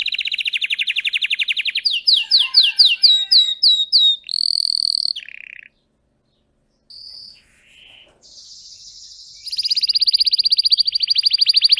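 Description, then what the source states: Canary song: a fast trill, then a series of downslurred whistled notes, a steady buzzy tone, brief varied phrases and quiet gaps, ending in a rapid high trill. Singing Belgian canary, red frosted colour variety.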